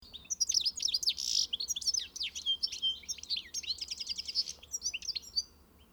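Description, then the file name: European goldfinch calls: a fast chatter of high, liquid chirps and slurred notes, running almost unbroken for about five seconds. "Carduelis carduelis"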